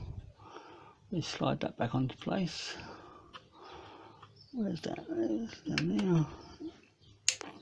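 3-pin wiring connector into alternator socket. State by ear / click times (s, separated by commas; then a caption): seated / 7.3 s. Someone talks while pushing the plastic 3-pin wiring plug back onto the new alternator, low down in the engine bay of a 2005 Ford Focus 1.6 Zetec during an alternator replacement done without removing the stretch belt. One sharp click is heard at 7.3 s as the connector seats into the alternator socket.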